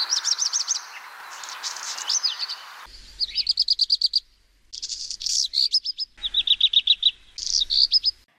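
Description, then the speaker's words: Black redstart song: several high, rapid, rattling phrases with scratchy notes, separated by brief gaps. Common garden visitor. "Und so hört sich der Hausrotschwanz an."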